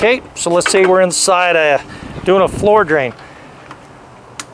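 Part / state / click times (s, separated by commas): jetter hose coupling onto hose fitting / seated / 4.4 s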